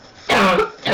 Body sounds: coughing mixed with background sound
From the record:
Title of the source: Barking cough - # 10

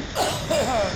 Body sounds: coughing mixed with background sound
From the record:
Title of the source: Spring Allergy Coughing

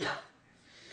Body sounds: coughing mixed with background sound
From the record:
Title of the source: female coughing - coughing sound effects girl

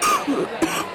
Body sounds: coughing mixed with background sound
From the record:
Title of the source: 31 night wet cough

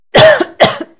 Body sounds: coughing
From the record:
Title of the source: Coughing Woman Sound - Woman Cough Sound Effect

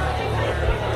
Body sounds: background sound without coughing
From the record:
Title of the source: CITY SOUNDS Busy Bar in the Evening Night - 2 HOURS of Ambiance for Relaxation

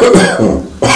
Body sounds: coughing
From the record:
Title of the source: Residual Phlegmy Morning Coughing and Gagging

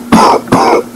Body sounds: coughing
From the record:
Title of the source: Coughing 77

